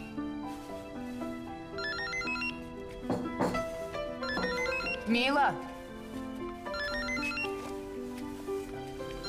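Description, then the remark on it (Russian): A mobile phone rings in a handbag, its electronic ringtone playing a bright, repeating melodic tune throughout, while a voice briefly calls out over it. “Звонит телефон в сумочке Милы.”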